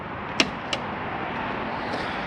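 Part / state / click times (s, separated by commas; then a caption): entry door keeper into the exterior door-holder catch on a travel trailer / seated / 0.4 s. On a Forest River Wildwood 30BHBS travel trailer, the open RV entry door is pushed onto its exterior hold-open catch so the catch snaps over the door's keeper. A sharp snap is heard at 0.4 s, followed by a smaller second hit at 0.7 s, over a steady background hiss. The door keeper seats in the catch, holding the entry door open.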